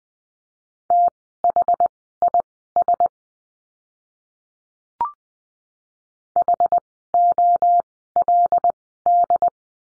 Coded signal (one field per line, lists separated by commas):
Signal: Morse code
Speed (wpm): 20 wpm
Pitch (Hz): 700 Hz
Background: none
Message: THIS HOLD